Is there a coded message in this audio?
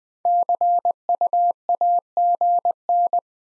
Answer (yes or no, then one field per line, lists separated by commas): yes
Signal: Morse code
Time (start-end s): 0.3-3.2 s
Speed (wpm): 20 wpm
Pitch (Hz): 700 Hz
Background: none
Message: CUAGN